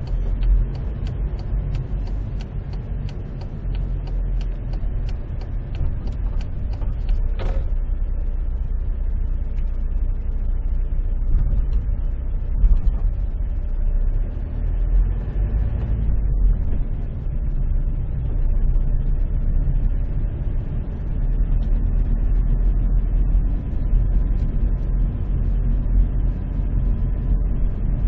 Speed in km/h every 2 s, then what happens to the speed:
11, 12, 10, 8, 7, 7, 8, 10, 4, 15, 8, 20, 20, 21.
0-17 steady at about 8. 17-22 speeds up to 20. 22-28 steady at about 20.